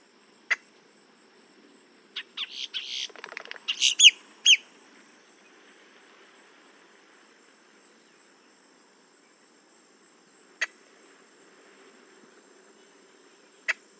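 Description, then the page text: Boat-tailed grackle: a sharp note, then a burst of harsh rattling and clipped notes, followed by silence broken by two isolated sharp clicks. "Paul Marvin - Лодкохвостый гракл (Quiscalus major)"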